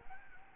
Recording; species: mosquito wingbeat signal from an infrared sensor; Aedes albopictus